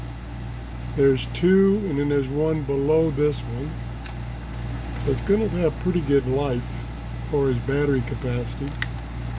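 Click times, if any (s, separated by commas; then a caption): none. Someone talks while handling the plastic battery compartment cover on the back of a portable AM/FM radio after showing its three batteries. A steady low hum runs underneath the talk, with a few brief taps. The cover has not seated or clicked yet.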